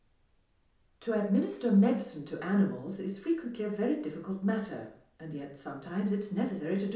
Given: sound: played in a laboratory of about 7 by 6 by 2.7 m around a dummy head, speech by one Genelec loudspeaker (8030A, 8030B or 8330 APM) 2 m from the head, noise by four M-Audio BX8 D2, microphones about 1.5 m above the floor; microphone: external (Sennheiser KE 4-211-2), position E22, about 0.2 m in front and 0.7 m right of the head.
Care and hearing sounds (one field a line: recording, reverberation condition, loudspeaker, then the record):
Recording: female speech in English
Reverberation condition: medium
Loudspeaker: 60 degrees to the left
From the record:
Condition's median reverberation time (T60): about 510 ms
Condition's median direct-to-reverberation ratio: about -0.5 dB